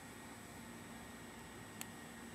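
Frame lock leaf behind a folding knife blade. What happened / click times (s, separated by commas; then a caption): The metal lock slid into place / 1.8 s. A folding knife's blade is opened and its metal frame lock leaf slides into place behind the blade, giving a single faint, sharp click at 1.8 s over a steady background hiss. The frame lock is seated.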